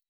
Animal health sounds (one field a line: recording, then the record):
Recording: hydrophone in a shrimp aquaculture tank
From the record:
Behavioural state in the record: weakened